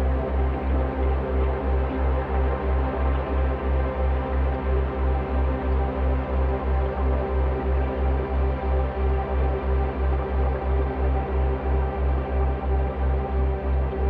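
A slowed, resonated dishwasher recording becomes a swirling drone. A deep bass throb pulses steadily about three times per second throughout, while a dense layer of sustained tones and hiss sits above it, holding steady with slight shimmering movement.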